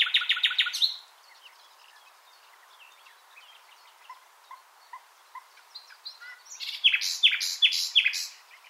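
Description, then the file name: Common nightingale singing a quick, high repeated phrase, then soft isolated notes, then a louder phrase of rich, repeated notes. "Luscinia megarhynchos"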